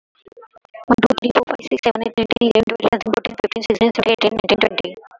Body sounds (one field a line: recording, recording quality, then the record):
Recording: counting at a fast pace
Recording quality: moderate, slight background noise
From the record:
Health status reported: COVID-19 positive, no symptoms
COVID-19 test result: positive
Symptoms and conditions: sore throat, muscle pain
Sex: female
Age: 31 years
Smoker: not ticked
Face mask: worn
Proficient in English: yes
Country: India